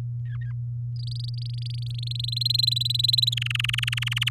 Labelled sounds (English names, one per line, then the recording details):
Domestic Canary song
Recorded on 9 May 2018 at 05:43
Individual llb16